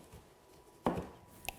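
A laminate click-lock flooring plank is fitted into the neighbouring plank. A firm, broadband knock at 0.9 s rings out and fades over about a third of a second, followed by a short, sharp, bright click at 1.5 s against a quiet background with a faint steady hum. The plank clicks in and is seated.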